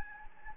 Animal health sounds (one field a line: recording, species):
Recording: mosquito wingbeat signal from an infrared sensor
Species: Anopheles gambiae